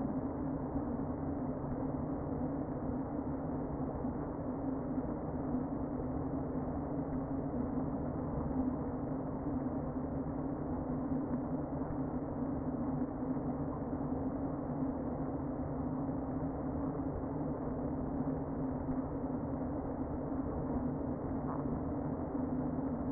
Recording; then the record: honeybee colony, microphone inside the hive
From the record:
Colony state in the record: queen present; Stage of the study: before two queens were removed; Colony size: about 60,000 bees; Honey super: yes